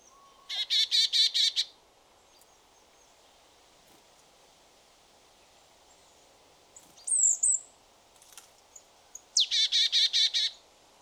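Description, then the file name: Marsh tit calls, two bursts of rapid, evenly repeated buzzy notes near the start and end, with a brief higher call in between. "Poecile palustris"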